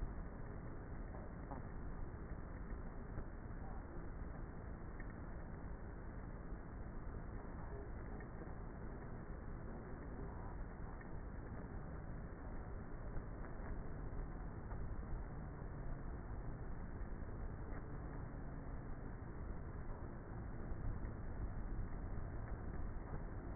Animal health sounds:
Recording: honeybee colony, microphone inside the hive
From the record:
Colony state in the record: queenless with a low population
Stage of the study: before two queens were removed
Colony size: about 30,000 bees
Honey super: no

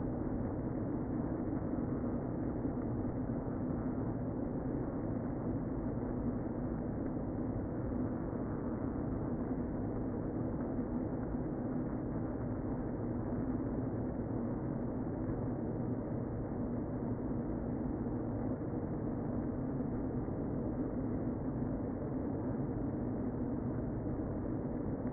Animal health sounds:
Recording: honeybee colony, microphone inside the hive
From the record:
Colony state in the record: queen present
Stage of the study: before two queens were removed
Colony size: about 60,000 bees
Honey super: yes

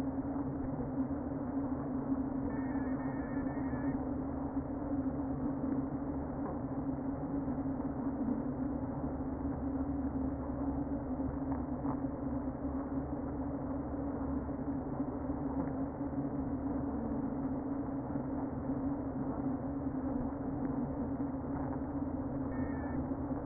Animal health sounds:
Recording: honeybee colony, microphone inside the hive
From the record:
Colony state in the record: queen present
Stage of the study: before two queens were removed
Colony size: about 60,000 bees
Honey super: yes

